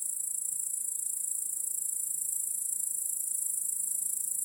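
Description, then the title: Crickets chirp in a steady, pulsing high trill throughout the short stretch. Chorus of crickets in a home backyard at night. "Crickets in Your Backyard. Discovering the Sounds of Home"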